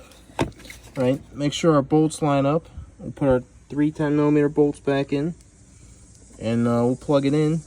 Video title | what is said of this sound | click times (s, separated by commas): HUGE!!! Diode Dynamics Upgrade 2010 Sequoia | click this back in, right? | 0.4 s